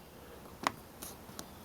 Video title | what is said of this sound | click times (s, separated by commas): Nissan Side Mirror Replacement | so don't force it and when you hear it snap into position | 0.7 s